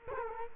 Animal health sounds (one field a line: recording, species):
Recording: mosquito wingbeat signal from an infrared sensor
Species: Culex quinquefasciatus